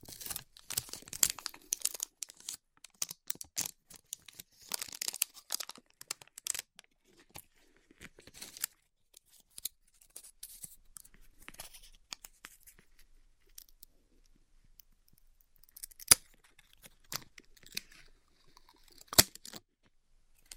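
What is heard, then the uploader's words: A band-aid is peeled and ripped off in dense crackling bursts for the first seven seconds, then sparse ticks and a few sharp snaps. ASMR Ripping Off the Band Aid (No Talking).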